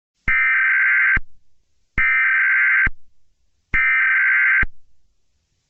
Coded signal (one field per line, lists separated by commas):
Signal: Emergency Alert System (SAME) tones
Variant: header bursts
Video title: Eyeless Lizard EAS scenario #dinosaur #creepypasta #emergencyalert #allosaurus